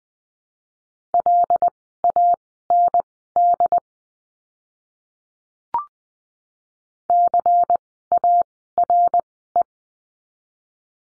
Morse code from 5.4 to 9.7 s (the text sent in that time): CARE